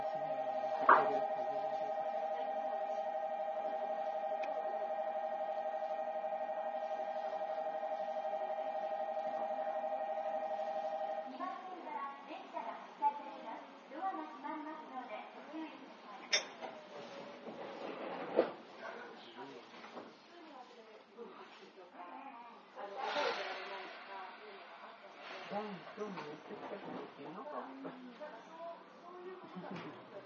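Inside a commuter train, a steady droning whine holds for the first ten seconds, then drops away to a quieter cabin with murmuring speech. Sharp knocks come near sixteen and eighteen seconds, and a short hiss of air rises around twenty-three seconds.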